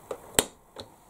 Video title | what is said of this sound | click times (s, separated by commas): Kumi Kreator box opening Re-upload fixed audio. | it down it clips in place but if you heard that click for the clips in place and now | 0.4 s